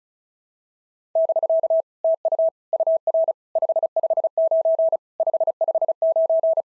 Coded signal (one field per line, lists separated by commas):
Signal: Morse code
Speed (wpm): 36 wpm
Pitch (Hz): 650 Hz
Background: none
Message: <BK> TU UR 559 559